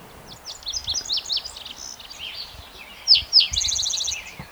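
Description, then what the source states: Spotted Towhee singing two loud introductory notes followed by a rapid dry trill, after a run of varied chirps. Individual number one, recorded in Rhodes Canyon, Utah County, Utah, June 22, 2010.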